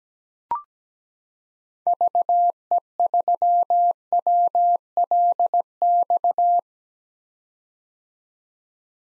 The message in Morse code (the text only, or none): VE3WLX